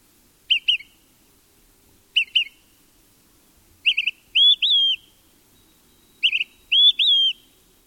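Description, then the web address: Olive-sided flycatcher giving sharp doubled and tripled pip notes, then loud whistled slurred phrases rising and falling. "Thumbs Plus Zoo Field Guide"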